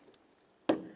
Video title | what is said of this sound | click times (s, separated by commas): How To Replace Headlights 2007-2012 Nissan Sentra | listen for a click, give it a tug. | 0.7 s